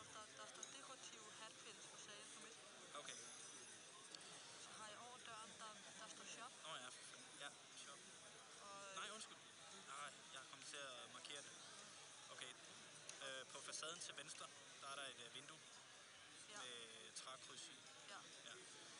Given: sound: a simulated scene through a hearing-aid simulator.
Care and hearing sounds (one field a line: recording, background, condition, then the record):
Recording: conversation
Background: cafeteria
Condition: +4 dB SNR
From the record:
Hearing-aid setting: I (fast-acting compression, audibility-based gain)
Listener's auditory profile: C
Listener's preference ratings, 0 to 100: 51, 50, 28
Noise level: 65 dB SPL